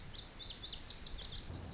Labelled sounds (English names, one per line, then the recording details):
Lazuli Bunting
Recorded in Sonoma County, California